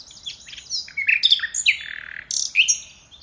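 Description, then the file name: Common nightingale song: a loud, varied phrase of sharp whistles, downward-sweeping notes and rich warbles, changing pitch quickly over about three seconds, with faint low background noise. "Luscinia megarhynchos"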